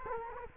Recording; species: mosquito wingbeat signal from an infrared sensor; Culex quinquefasciatus